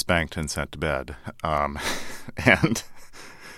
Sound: soundbite of laughter

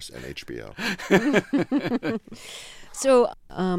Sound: soundbite of laughter

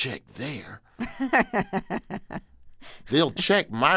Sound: laughter

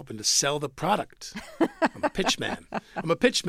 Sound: laughter

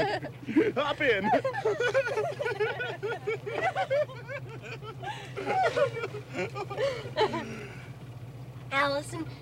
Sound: prolonged giggling laughter

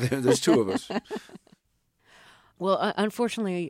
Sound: laughter

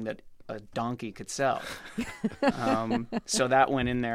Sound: laughter

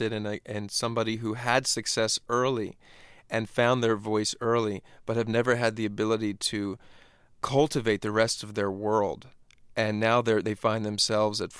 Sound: none

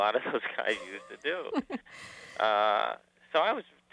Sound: laughter

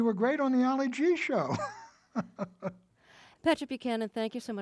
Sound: laughs

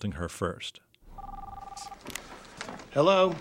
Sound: soundbite of phone ringing

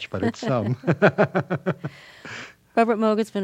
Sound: laughter

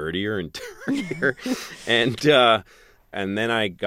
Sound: laughter

